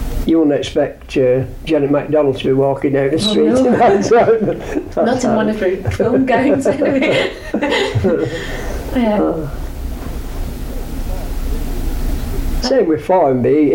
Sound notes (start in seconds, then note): 5.0 laughs; 7.3 laughs